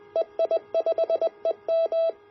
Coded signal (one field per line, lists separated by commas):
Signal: Morse code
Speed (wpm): 20 wpm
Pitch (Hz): 660 Hz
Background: none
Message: EI5EM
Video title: Building the EGV-9B QRP CW Transceiver Kit